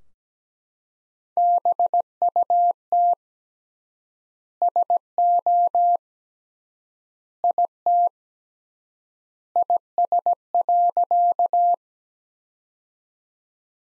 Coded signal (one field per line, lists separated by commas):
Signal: Morse code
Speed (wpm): 17 wpm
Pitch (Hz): 700 Hz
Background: none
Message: BUT SO IT IS.